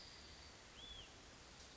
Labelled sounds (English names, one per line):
Hutton's Vireo